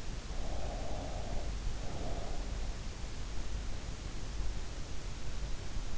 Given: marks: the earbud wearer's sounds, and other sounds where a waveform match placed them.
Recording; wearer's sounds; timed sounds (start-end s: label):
sounds in sleep by an in-ear microphone; breath
0.42-2.79 s: breath